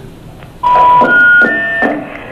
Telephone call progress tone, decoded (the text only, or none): special information tone